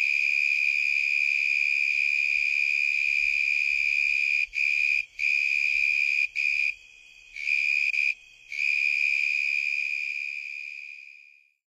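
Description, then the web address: Davis's tree cricket song, a sustained high trill with several short breaks midway through before it fades out. "Songs of Insects. Daviss Tree Cricket"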